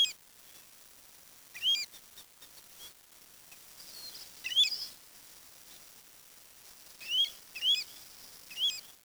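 Bird giving short, sharp chirps scattered irregularly over a faint steady hiss.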